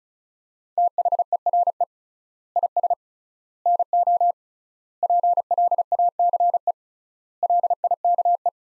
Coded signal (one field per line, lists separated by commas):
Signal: Morse code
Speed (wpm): 36 wpm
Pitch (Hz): 700 Hz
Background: none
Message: THERE IS NO PLACE LIKE